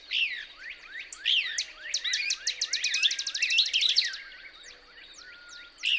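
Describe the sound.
Couch's Kingbird song: sharp high chips building into a fast, even run of twittering notes, then scattered slurred calls and a final loud note.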